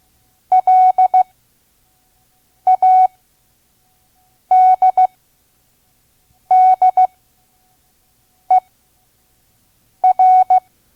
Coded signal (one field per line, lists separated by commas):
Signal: Morse code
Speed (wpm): 16 wpm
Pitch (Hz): 740 Hz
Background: none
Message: LADDER